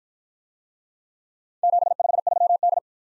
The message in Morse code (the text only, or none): 753D